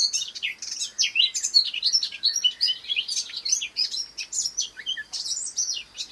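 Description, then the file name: Eurasian blackcap delivering a dense, hurried warble of high chirps and slurred notes throughout. "Sylvia atricapilla"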